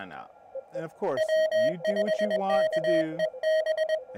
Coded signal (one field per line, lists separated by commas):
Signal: Morse code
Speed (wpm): 21 wpm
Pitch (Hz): 630 Hz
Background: speech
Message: W5KEB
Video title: Hamm'n Around - HT Battery Build, et.al.